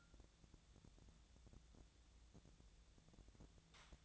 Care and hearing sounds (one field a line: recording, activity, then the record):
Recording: daily activity, microphone in the room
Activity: take from stove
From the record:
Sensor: 3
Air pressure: 999.9 hPa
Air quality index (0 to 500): 128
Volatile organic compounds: 2 ppm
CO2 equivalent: 1146 ppm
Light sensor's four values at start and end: 46/115/50/55 and 46/115/50/55